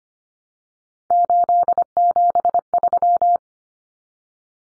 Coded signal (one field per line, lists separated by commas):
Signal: Morse code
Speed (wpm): 25 wpm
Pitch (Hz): 700 Hz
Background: none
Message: 873